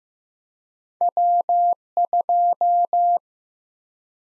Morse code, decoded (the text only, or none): W2